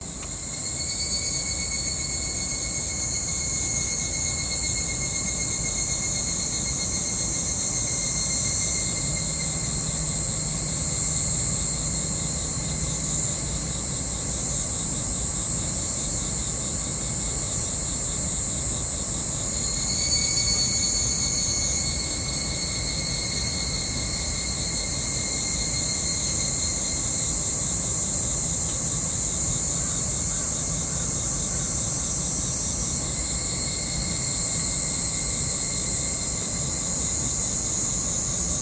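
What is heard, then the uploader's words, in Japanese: Cicadas drone loudly and steadily through a summer morning, a shrill layered buzz that shifts pitch slightly every ten seconds or so over a low rumble. 夏の朝は蝉さん多めの登場です。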